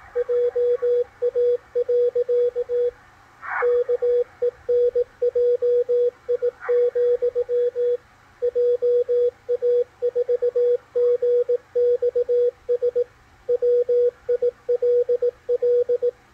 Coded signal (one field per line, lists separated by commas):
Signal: Morse code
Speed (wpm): 18 wpm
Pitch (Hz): 490 Hz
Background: radio noise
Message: JA. KENJI, JA4GXS WILL